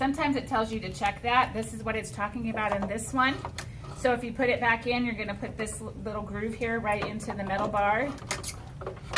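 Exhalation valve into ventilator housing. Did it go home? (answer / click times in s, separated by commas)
no / none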